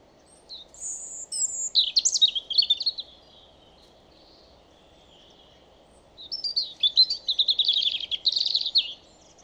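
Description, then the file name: European robin song: two high, thin, varied phrases of warbled notes and quick trills, separated by a three-second pause, over a steady low background hum. "Erithacus rubecula"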